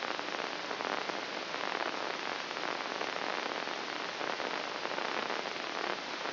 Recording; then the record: brain microelectrode recording played as sound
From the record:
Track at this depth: inside the subthalamic nucleus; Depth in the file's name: 4.709 mm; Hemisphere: left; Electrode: 2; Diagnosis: Parkinson's disease